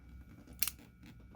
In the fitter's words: and you should hear a click when it goes together